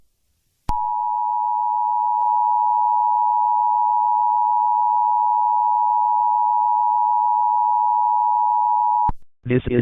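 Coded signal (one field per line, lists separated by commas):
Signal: Emergency Alert System (SAME) tones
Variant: 853 and 960 Hz attention tone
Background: speech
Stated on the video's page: Fictional analog horror EAS scenario, not a real alert.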